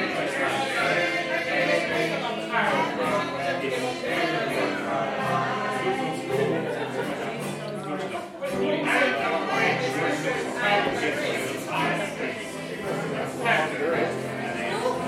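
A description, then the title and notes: An Irish sing-along: a dense, steady mass of many voices singing and talking together, with a brief dip just past eight seconds. Irish Sing Along at Tigh Ruairi, Inis Oirr, Ireland.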